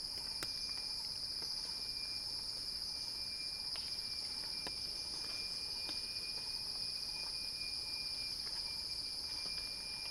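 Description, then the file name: Cicadas buzzing in a steady, unbroken high drone, with a thin whistling tone beneath and scattered soft ticks and clicks throughout. "Axel-Drioli Cicada-Crescendo-Sounding-Wild"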